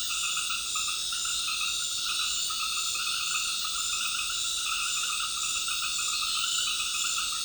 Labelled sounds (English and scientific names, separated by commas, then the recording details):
none
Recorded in dense forest near Puerto Asís, Putumayo, Colombia, on 20 February 2024 at 19:30
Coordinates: 0.502, -76.324
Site G6370